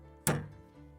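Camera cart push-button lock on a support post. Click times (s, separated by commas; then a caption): 0.3 s. A push-button lock on a camera cart support post, the last of the cart's post locks, is pressed down and clicks into place with a loud thunk at 0.3 s. The sharp broadband hit rings briefly before fading into quiet background hum. The lock is seated and the cart is fully secured.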